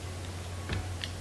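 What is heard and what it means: The plastic charging case lid of a pair of Samsung Galaxy Buds is opened, and its latch lock unlatches with two short, sharp ticks at 0.7 s and 1.0 s over a steady low hum. The lid releases open.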